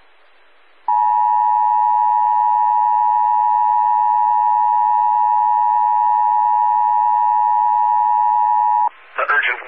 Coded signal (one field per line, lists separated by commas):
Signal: Emergency Alert System (SAME) tones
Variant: 853 and 960 Hz attention tone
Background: speech